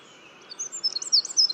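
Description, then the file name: Eurasian wren song fragment starting after a brief quiet moment, quick high twittering notes tumbling rapidly, with a soft background hiss throughout. "Troglodytes troglodytes"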